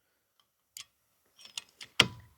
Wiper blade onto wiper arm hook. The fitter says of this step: Okay, you heard it snap, and then you want to snap this part back down like